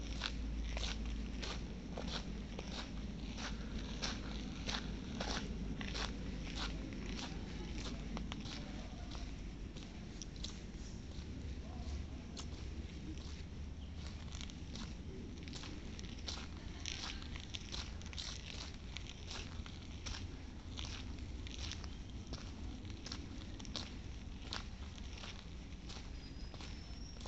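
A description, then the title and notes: Footsteps crunch outdoors in a quick, uneven stream of sharp, crackly steps that never let up across the whole recording. Underneath runs a steady low rumble, like wind or traffic, holding an even level throughout. Yuelarbah Track. Nature, footsteps, outside sounds.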